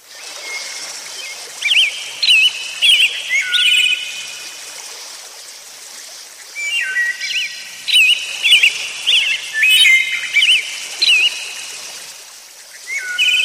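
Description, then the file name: Bird song in repeated short twittering phrases, bursts of chirped and looping notes every second or so, pausing midway before resuming, over a quiet background hiss. "ptici"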